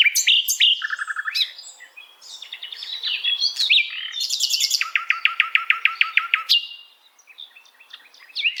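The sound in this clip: Bird song of varied high notes and trills, with a long run of evenly spaced sharp notes before a short pause and a few final chirps.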